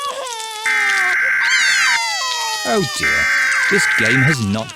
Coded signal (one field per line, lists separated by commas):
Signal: Emergency Alert System (SAME) tones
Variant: header bursts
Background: speech